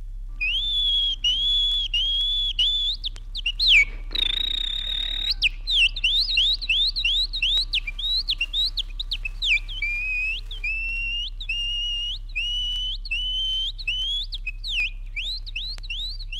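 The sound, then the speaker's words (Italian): A farmer whistles an imitation of the song of the nightingales on the hills of Rosazzo: steady high warbled phrases, then quick upward-sliding chirps and trills repeated in lively bursts, with a brief noisy rustle early on and a low hum underneath. “Contadino vero, egli ruba le note flautate ai rosignoli che sui colli di rosazzo si abbandonano alle loro inebrianti malie canore.”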